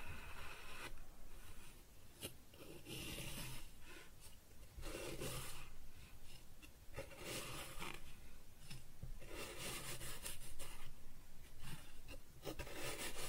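Kinetic sand being cut and scooped, heard as a continuous grainy rasping and rubbing with soft crunches. Brighter gritty bursts come every second or so, sharpest near 2, 5 and 9–11 seconds, over a low constant rumble and occasional dull thumps.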